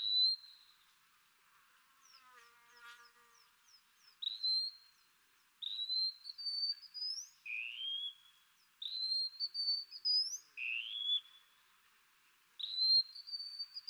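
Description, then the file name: Wallcreeper repeating thin, high whistles, many rising and some lower and slurred, with a brief buzzy rattle early on. "TICHODROME"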